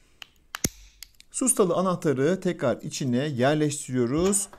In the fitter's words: klik sesini duyduğumuzda kapaklar tam olarak oturmuş oluyor.